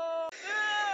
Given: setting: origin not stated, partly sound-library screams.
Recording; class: one-second piece from a danger detection set; woman in danger